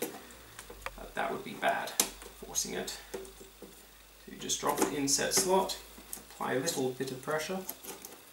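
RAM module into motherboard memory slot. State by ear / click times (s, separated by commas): not seated / none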